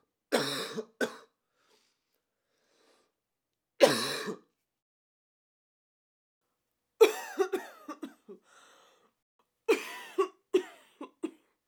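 Acted adult human coughing in separate bursts: two single coughs, then two longer runs of several rapid coughs with throat-clearing quality.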